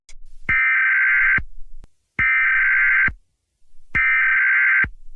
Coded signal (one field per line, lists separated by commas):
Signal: Emergency Alert System (SAME) tones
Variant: header bursts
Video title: Bird jr EAS VERY LOUDER April 29 2024